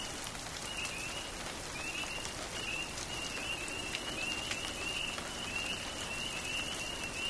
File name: Thunder Rain Spring Peeps Night Birds Florence KY Easter Night 2004 Recording By Craig Wilson